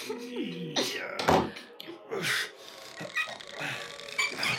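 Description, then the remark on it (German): A wooden door scrapes and rasps as it swings, then shuts with a dull thunk, followed by more rubbing and knocking sounds, with a brief voice-like tone at the start. “Schließ die Tür hier hinter dir!”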